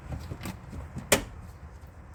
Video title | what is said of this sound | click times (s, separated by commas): Servicing SantaFe 2013-18 2.4 GDI - You Drive, You Learn - Girls can do more than just driving | You hear a click. | 1.1 s